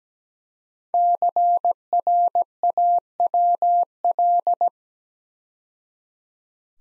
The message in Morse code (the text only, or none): CRAWL